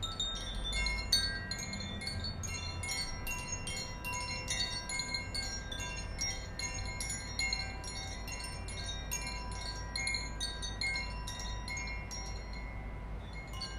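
Wind chimes ring continuously, with bright metallic strikes arriving every fraction of a second and long shimmering tones that hang and overlap. The level stays fairly even throughout, and a low rumble of wind or background sits underneath.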